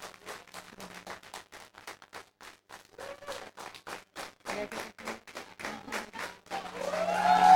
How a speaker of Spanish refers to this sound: Que se sienta fuerte el aplauso, porque los chicos vienen de lejos, están participando acá, están por el corazón.